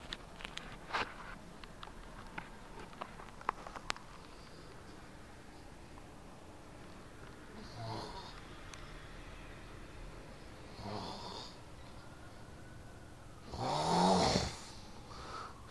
Snorer.